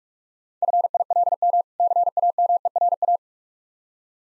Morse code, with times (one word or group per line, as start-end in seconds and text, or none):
0.6-1.6 FILM
1.8-3.2 CAMERA